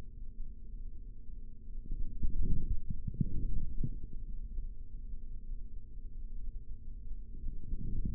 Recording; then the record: forearm muscle sounds (acoustic myography)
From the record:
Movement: forearm supination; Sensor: system 3, bracelet of six PUI Audio POM-2738L microphones around the upper forearm, with dedicated amplification and filtering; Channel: 3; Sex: male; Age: 25 years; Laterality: right